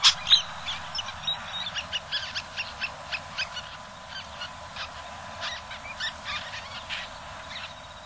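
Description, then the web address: Common tern calls: quick run of short, sharp, high notes, several each second and uneven in spacing, over a steady low hum. Recorded on Sakhalin and the Kuril Islands. "priroda sakhalina i kuril. Sterna hirundo"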